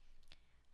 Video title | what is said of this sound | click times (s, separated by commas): TGR Installation Walkthrough | And you will hear that clicking sound when installing them. | 0.3 s